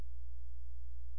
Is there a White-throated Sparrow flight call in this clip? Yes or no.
no